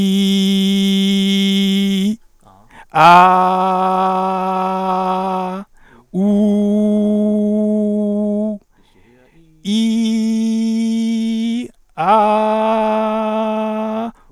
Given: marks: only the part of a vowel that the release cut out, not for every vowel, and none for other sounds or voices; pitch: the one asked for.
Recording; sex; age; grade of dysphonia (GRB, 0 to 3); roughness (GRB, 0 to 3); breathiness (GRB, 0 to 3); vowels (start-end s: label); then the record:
sustained vowels; male; 30 to 39 years; 2; 2; 2
0.00-1.83 s: vowel /i/, normal pitch
3.33-5.26 s: vowel /a/, normal pitch
6.33-8.31 s: vowel /u/, normal pitch
10.54-11.55 s: vowel /i/, high pitch
12.17-13.96 s: vowel /a/, high pitch
From the record:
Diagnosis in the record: recurrent laryngeal nerve paralysis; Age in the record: 36 years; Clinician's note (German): Links, in Intermediärstellung